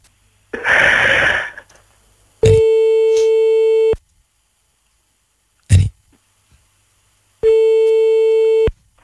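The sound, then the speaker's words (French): A telephone line tone, heard while calling someone back, sounds twice, each a steady mid-pitched beep lasting about a second and a half with a long pause between, preceded by a rough burst of noise and a brief thump. “il est loin de son téléphone.”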